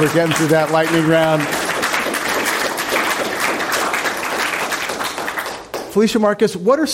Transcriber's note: applause